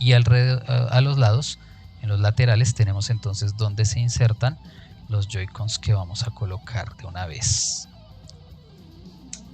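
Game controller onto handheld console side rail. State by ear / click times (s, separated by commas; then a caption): seated / 9.3 s. A Joy-Con controller is slid down the side rail of a Nintendo Switch OLED handheld console until it locks. Someone talks over background music, and the characteristic Switch click sounds at 9.3 s, showing the controller has seated on the rail.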